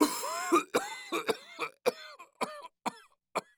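About seven harsh cough bursts in quick, uneven succession from an old man, staged.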